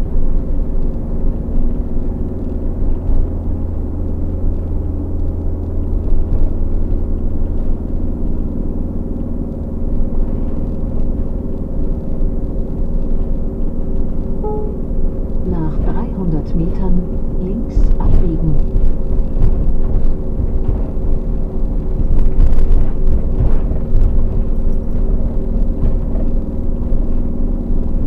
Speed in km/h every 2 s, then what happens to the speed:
42, 44, 44, 44, 42, 42, 42, 42, 42, 40, 40, 40, 42, 42.
0-28 steady at about 42.